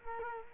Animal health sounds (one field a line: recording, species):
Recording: mosquito wingbeat signal from an infrared sensor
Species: Culex quinquefasciatus